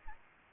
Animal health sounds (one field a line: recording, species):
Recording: mosquito wingbeat signal from an infrared sensor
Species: Aedes albopictus